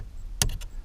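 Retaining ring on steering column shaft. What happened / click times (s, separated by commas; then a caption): The steel retaining ring snapped free of its groove / 0.4 s. A screwdriver pries a steel retaining ring up on the shaft of a GM tilt steering column. A sharp metallic snap sounds at 0.4 s, followed by fainter metallic ringing through about 0.65 s. The ring pops free of its groove and is released.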